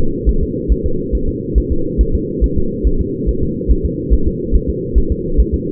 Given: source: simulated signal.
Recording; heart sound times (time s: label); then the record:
fetal heart sounds
0.29 s: S1
0.43 s: S2
0.72 s: S1
0.86 s: S2
1.15 s: S1
1.29 s: S2
1.58 s: S1
1.72 s: S2
2.01 s: S1
2.15 s: S2
2.44 s: S1
2.58 s: S2
2.87 s: S1
3.01 s: S2
3.29 s: S1
3.43 s: S2
3.71 s: S1
3.86 s: S2
4.13 s: S1
4.28 s: S2
4.56 s: S1
4.70 s: S2
4.98 s: S1
5.12 s: S2
5.40 s: S1
5.54 s: S2
From the record:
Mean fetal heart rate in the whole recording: 140 bpm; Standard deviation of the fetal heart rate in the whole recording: 2 bpm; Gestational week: 34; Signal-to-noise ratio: -8.1 dB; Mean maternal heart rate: 72 bpm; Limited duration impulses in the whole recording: absent